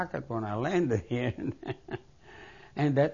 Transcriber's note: he laughs